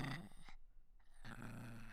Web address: Toy Poodle Dog CU Growls and Sniffles